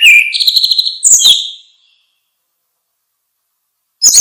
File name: suara kicau burung anis merah